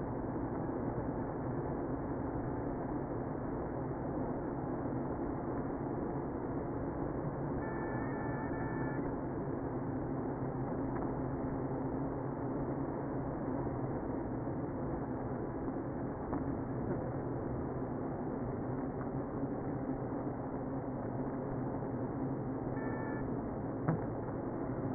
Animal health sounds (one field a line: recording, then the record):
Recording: honeybee colony, microphone inside the hive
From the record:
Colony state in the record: queenless (queen removed)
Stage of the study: after two queens were removed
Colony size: about 60,000 bees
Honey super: yes